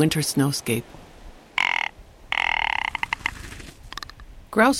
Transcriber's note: Rock Ptarmigan calls